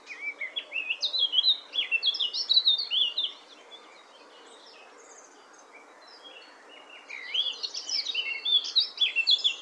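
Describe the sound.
Eurasian blackcap singing two fast, varied warbling phrases with a pause between them, the second running to the end.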